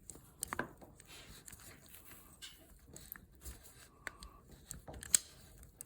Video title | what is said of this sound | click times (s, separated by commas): Pex Tubing for Beginners | Just like that. Once you hear the click, that means it's good to go. | 5.2 s